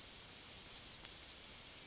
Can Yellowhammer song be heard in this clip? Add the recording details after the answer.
yes. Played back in forest. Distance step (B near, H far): B. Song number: 020